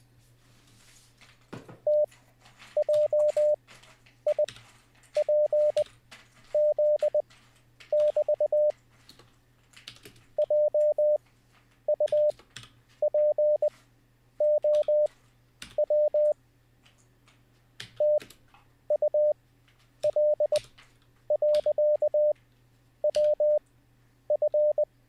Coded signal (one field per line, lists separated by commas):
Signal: Morse code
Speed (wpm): 20 wpm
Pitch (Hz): 600 Hz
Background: none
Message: TJIPZ<BT> JUPOW TUL.WF